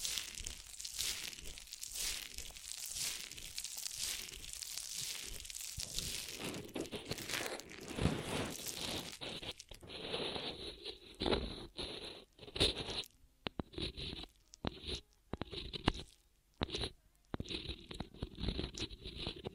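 Ear massage triggers: soft rubbing, crinkling and crunching sounds fill the first half in a dense, rhythmic flow. After about ten seconds the sound turns choppier, with short bursts of crackling and scratching separated by brief near-silent gaps.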